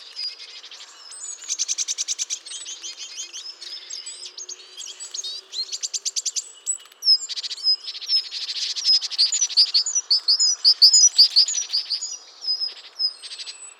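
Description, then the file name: Great tit churring calls: dry buzzy bursts of rapid clicks repeated in series, mixed with thin high whistled notes and sharp chips. "Parus major"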